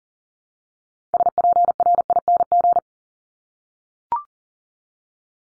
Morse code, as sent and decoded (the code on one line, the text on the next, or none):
... .--. .-. .. -. --.
SPRING